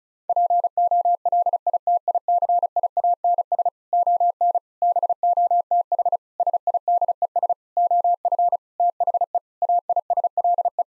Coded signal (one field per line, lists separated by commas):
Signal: Morse code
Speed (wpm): 36 wpm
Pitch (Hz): 700 Hz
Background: none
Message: POLITICIANS ON BOTH SIDES OF THE AISLE